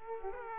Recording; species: mosquito wingbeat signal from an infrared sensor; Aedes aegypti